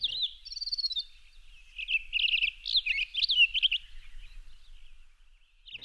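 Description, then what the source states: Townsend's Solitaire song: a musical warbling of high, tumbling phrases over several seconds. Musical warbling, more common in warmer months; in winter solitaires feed mainly on juniper berries.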